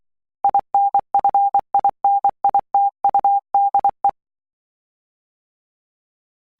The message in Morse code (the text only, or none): INFINITUDE